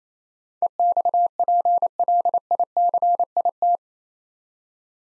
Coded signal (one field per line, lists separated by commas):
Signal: Morse code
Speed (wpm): 27 wpm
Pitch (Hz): 700 Hz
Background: none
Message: EXPLICIT